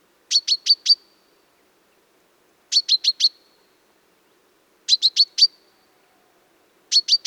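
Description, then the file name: Common chaffinch calls, bursts of four sharp high chips repeated about every two seconds against a quiet background. "Fringilla coelebs"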